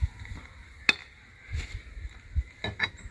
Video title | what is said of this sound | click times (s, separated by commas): We got a FLAT TIRE while TRAVELLING in EL SALVADOR - OVERLANDING Central America | we hear that click and that pop | 0.9 s